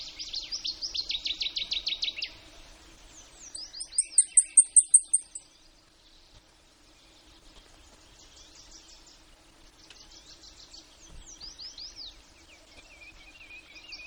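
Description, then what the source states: Blackpoll warbler song: a run of very high, thin notes, after a lower buzzy trill, with further bird sounds afterwards. Recorded in Denali, Alaska, on 19 May 2015 at about 09:45.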